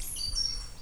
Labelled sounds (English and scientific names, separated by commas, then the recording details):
Stitchbird (Notiomystis cincta) song
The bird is a male
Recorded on Tiritiri Matangi Island, New Zealand, in 2005
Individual 16, of nest box 24